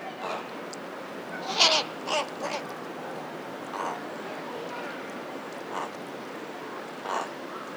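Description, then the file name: Carrion crow cawing in rough, raspy single notes, a quick cluster early then scattered caws, against a steady hissing noise background. "Corvus corone"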